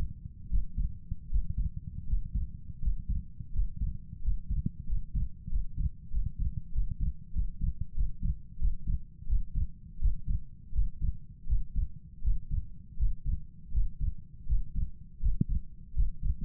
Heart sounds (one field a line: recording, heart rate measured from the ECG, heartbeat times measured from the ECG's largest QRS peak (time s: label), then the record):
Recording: heart sounds by stethoscope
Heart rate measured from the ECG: 85 bpm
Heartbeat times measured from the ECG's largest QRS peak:
0.49 s: heartbeat
1.29 s: heartbeat
2.06 s: heartbeat
2.81 s: heartbeat
3.52 s: heartbeat
4.21 s: heartbeat
4.86 s: heartbeat
5.49 s: heartbeat
6.11 s: heartbeat
6.72 s: heartbeat
7.33 s: heartbeat
7.94 s: heartbeat
8.59 s: heartbeat
9.27 s: heartbeat
9.99 s: heartbeat
10.72 s: heartbeat
11.46 s: heartbeat
12.22 s: heartbeat
12.97 s: heartbeat
13.72 s: heartbeat
14.46 s: heartbeat
15.20 s: heartbeat
15.94 s: heartbeat
From the record:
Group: healthy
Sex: male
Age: 35 years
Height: 178 cm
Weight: 64 kg